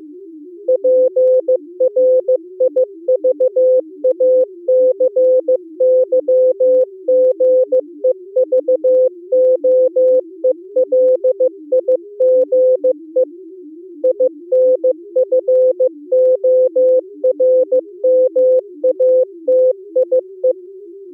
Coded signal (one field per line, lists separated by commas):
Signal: Morse code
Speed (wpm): 16 wpm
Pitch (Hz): 510 Hz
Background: music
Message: PRIVACYGEVOELIGE INFORMATIE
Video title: Daily Minutes, December 11, 2015, with contestia